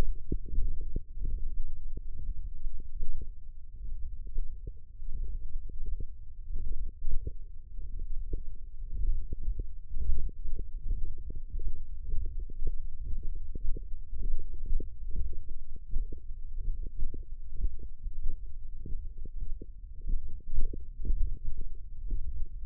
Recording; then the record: forearm muscle sounds (acoustic myography)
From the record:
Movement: thumb flexion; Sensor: system 1, eight BSWA MPA416 microphones around the upper forearm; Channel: 6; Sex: male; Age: 23 years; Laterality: right